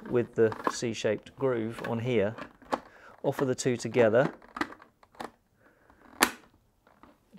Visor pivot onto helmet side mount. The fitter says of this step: push until it clicks.